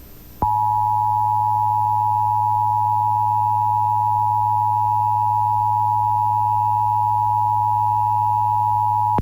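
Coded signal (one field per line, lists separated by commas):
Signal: Emergency Alert System (SAME) tones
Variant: 853 and 960 Hz attention tone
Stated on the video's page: Monthly test tones received off Pennsylvania FM, AM and TV stations, one also captured from a line-out recording.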